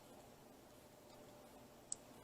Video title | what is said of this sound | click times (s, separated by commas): Benexmart Tuya HD Mini WIFI Camera 1080p Works with Smart Life Amazon Alexa Amazon Fire Stick | there you hear a click it's done | 1.9 s